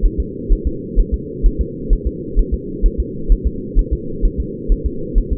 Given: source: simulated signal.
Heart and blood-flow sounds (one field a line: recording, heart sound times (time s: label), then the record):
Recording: fetal heart sounds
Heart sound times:
0.05 s: S1
0.20 s: S2
0.52 s: S1
0.67 s: S2
0.99 s: S1
1.14 s: S2
1.46 s: S1
1.61 s: S2
1.93 s: S1
2.07 s: S2
2.39 s: S1
2.54 s: S2
2.86 s: S1
3.00 s: S2
3.32 s: S1
3.47 s: S2
3.79 s: S1
3.93 s: S2
4.25 s: S1
4.40 s: S2
4.72 s: S1
4.86 s: S2
5.18 s: S1
5.33 s: S2
From the record:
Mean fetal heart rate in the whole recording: 130 bpm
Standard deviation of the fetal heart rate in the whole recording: 2 bpm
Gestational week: 38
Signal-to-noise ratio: -4.3 dB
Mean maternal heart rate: 72 bpm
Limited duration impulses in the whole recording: absent